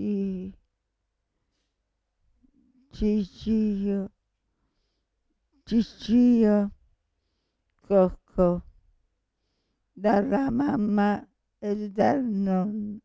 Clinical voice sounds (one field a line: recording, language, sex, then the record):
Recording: read passage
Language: Italian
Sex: female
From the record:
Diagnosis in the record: Parkinson's disease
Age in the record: 65 years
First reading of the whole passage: 242 s, 2.1 characters per second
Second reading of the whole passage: 180 s, 2.9 characters per second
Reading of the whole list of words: 168 s, 1.7 characters per second